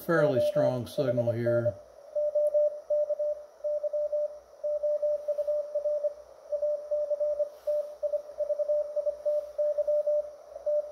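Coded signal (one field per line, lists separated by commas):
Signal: Morse code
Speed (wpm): 26 wpm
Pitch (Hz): 600 Hz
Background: speech, radio noise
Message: OHN OK YOUR ACTIVITY T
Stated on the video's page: CW copied on a receiver whose audio is stepped up by a high-ratio transformer, clipped by diodes, then amplified.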